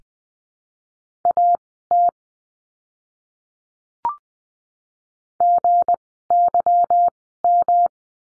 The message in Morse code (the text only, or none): AT GYM